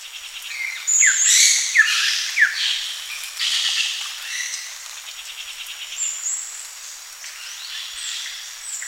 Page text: Hair-Crested Drongo Calls. Quick Sounds